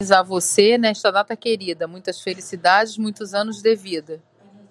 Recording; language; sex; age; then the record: short text; Brazilian Portuguese; female; 40 to 49 years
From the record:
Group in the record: control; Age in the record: 48 years